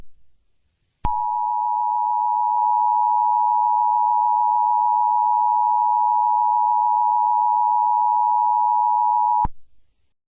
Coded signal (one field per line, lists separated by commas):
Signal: Emergency Alert System (SAME) tones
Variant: 853 and 960 Hz attention tone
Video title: Eas Scenario - Deedo Invasion 2